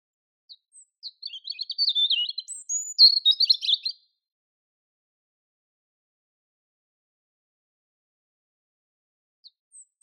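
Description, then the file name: European robin song: one phrase of about three seconds, thin high whistles and fast trickling twitters with a sharp rattling flourish, then silence apart from a few faint notes at the end. "Erithacus rubecula"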